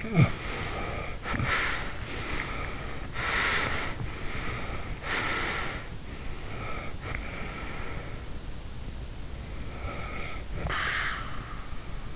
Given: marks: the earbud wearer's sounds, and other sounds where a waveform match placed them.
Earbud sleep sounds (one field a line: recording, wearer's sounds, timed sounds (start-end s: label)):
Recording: sounds in sleep by an in-ear microphone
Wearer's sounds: snoring breath, breath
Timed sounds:
0.00-2.11 s: snoring breath
2.12-4.03 s: breath
4.12-6.05 s: breath
6.12-8.43 s: breath
9.22-12.16 s: snoring breath